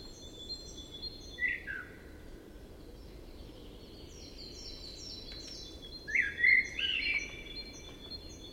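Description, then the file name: Common blackbird singing two mellow warbled phrases several seconds apart, with some high thin notes over a constant hiss. "Turdus merula"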